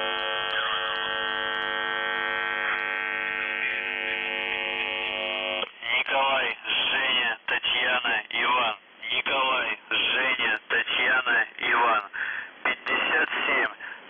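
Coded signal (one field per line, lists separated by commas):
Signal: numbers station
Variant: UVB-76, Russian voice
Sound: a steady droning buzz, then a male voice reading a short message over radio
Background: radio static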